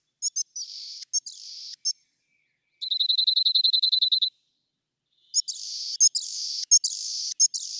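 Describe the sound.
Rock wren singing buzzy, rasping phrases with ticks, then an even rapid trill, then more buzzy phrases.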